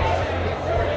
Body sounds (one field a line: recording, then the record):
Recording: background sound without coughing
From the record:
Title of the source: CITY SOUNDS Busy Bar in the Evening Night - 2 HOURS of Ambiance for Relaxation